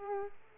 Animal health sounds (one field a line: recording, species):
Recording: mosquito wingbeat signal from an infrared sensor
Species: Aedes aegypti